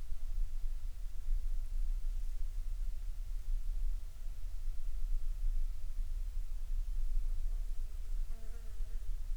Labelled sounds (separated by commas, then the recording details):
insects
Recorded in the Prudhoe Bay oil fields, Alaska, on 25 July 2019 at 10:04
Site 14